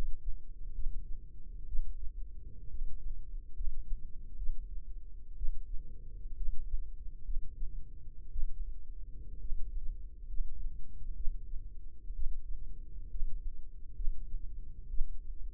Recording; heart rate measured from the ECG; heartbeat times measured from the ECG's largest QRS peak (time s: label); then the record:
heart sounds by microphone in the left ear; 64 bpm
0.74 s: heartbeat
1.68 s: heartbeat
2.70 s: heartbeat
3.55 s: heartbeat
4.38 s: heartbeat
5.37 s: heartbeat
6.36 s: heartbeat
7.24 s: heartbeat
8.31 s: heartbeat
9.40 s: heartbeat
10.28 s: heartbeat
11.16 s: heartbeat
12.15 s: heartbeat
13.10 s: heartbeat
13.95 s: heartbeat
14.89 s: heartbeat
From the record:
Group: healthy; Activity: rest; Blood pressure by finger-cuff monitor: 95/61 mmHg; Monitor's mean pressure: 70 mmHg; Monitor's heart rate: 65 bpm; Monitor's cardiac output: 5.1 L/min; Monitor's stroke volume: 78 mL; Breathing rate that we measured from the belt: 18 breaths a minute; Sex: female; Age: 36 years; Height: 163 cm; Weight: 88 kg